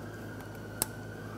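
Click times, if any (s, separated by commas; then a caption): 0.8 s. A wiring harness connector is pushed back onto a new crankshaft position sensor on a 2005-2010 Chevrolet Cobalt. Over a steady low hum, a single sharp click sounds at 0.8 s as the connector seats.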